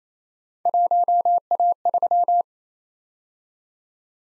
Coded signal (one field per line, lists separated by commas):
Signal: Morse code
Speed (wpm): 29 wpm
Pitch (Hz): 700 Hz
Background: none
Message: 1A3